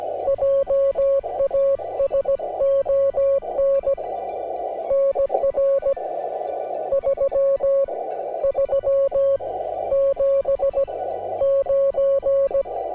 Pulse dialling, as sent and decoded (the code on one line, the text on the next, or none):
none